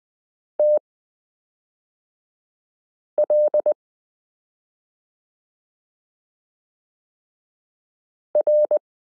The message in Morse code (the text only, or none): TL R